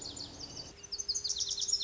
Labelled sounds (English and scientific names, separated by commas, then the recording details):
Lazuli Bunting (Passerina amoena)
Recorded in Sonoma County, California